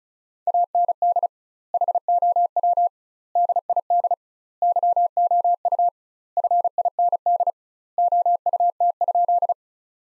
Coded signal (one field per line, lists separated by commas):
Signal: Morse code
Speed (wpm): 34 wpm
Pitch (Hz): 700 Hz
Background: none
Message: AND HOW DID YOU FIND OUT?